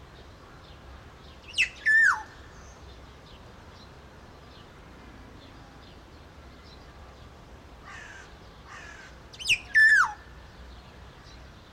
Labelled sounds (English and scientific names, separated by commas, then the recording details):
Black-naped Oriole (Oriolus chinensis)
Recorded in captivity
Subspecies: celebensis
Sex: male
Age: adult
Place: Zoo Berlin, Berlin, DE
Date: 1994-02-11 12:06
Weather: Bedeckt, 4°C
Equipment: Marantz CP 130, Sennheiser ME 80, Kopie Uher Variocord 263
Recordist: Tembrock, Günter
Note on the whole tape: Celebes-Schwarznackenpirol (O.c.celebensis): Strophen. Abstand ca. 6 m